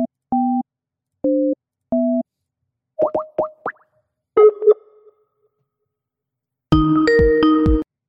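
Electronic Skype call tones while dialing a number in North Korea: four steady two-pitch beeps, then a quick run of short rising blips and plops, ending in a loud, dense chord-like ringing burst.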